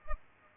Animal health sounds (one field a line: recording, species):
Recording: mosquito wingbeat signal from an infrared sensor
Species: Culex pipiens